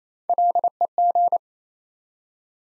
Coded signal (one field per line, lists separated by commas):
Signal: Morse code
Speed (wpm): 27 wpm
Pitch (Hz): 700 Hz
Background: none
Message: LEG